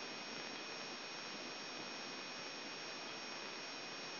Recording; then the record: brain microelectrode recording played as sound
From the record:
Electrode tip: outside the subthalamic nucleus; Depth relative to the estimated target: -8 mm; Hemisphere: left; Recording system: AlphaMap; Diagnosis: Parkinson's disease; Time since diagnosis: 7 years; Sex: male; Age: 59 years